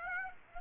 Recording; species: mosquito wingbeat signal from an infrared sensor; Aedes aegypti